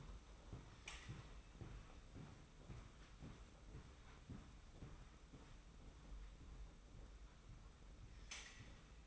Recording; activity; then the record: daily activity, microphone in the room; walk to room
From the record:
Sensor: 1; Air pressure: 991.1 hPa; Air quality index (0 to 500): 92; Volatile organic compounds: 34 ppm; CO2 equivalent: 3043 ppm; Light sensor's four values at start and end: 33/110/43/44 and 35/114/44/46